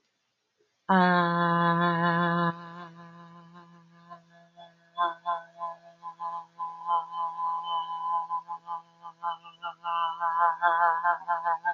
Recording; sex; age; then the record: vowel held as long as possible; female; 30 to 39 years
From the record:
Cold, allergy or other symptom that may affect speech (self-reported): yes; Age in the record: 36 years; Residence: United States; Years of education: 16